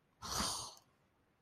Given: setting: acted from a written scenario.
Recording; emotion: vocal sound without words; contempt